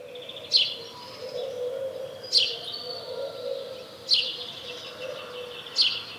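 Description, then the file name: House sparrow giving single sharp downward chirps roughly every two seconds, with a soft low hum and faint other tones beneath. "Passer domesticus"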